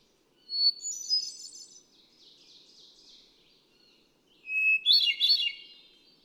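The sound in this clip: Hermit thrush song: two flute-like phrases a few seconds apart, each opening on a pure whistle and spilling into rapid, ethereal higher notes.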